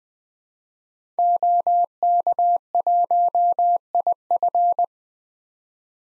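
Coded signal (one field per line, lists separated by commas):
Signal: Morse code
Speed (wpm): 20 wpm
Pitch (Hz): 700 Hz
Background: none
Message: OK1IF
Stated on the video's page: Morse code drill sending common SOTA activator call signs at 20 wpm for head-copy practice, each sent before and after being spoken.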